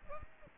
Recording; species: mosquito wingbeat signal from an infrared sensor; Aedes aegypti